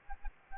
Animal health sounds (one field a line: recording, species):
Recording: mosquito wingbeat signal from an infrared sensor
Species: Aedes aegypti